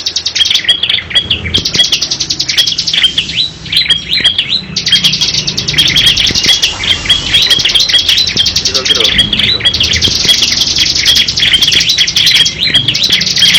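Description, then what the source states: Lovebird pouring out a continuous, dense, shrill chatter of rapid squeaky notes, barely pausing, in loud sustained bursts for the whole stretch. Ngekek panjang (long chatter) style.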